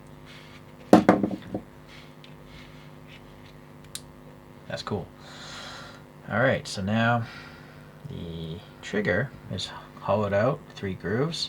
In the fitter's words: It's got a nice nice satisfying click when it goes in there.